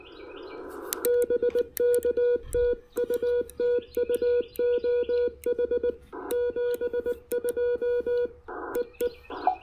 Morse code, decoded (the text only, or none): BK TU TU OH 72 E E